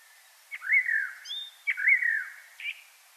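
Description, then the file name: Common blackbird giving two matching mellow phrases, each a slurred, descending fluted whistle, with a thin high note between them. "Turdus merula"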